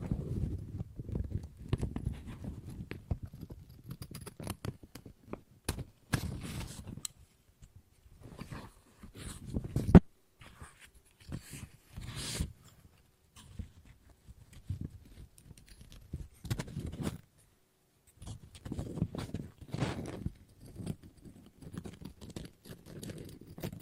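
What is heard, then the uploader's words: Paper being cut with scissors in irregular bursts of dry snips and rustles, with crisp clicks around six and ten seconds, and brief silent pauses. ASMR Scissors No Talking Snips and Cutting Paper.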